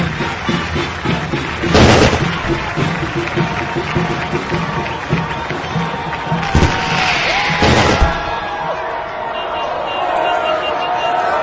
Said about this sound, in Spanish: Momento de los fuegos artificiales también. Claro, son siempre un primero de mayo sin fuegos artificiales, es como un fin de año sin fuegos artificiales.